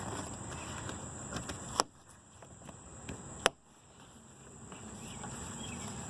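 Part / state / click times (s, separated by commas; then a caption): enclosure snap fastener onto stud on UTV / seated / 1.8 s, 3.5 s. An enclosure snap fastener is pressed onto a stud fitted to a 2019 Yamaha Wolverine X2 UTV for a full cab enclosure, giving two sharp snaps at 1.8 s and 3.5 s over a steady outdoor background hiss. The snap seats in place, and the job is easy and quick.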